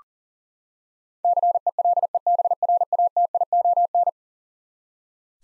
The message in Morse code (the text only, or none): CELEBRATION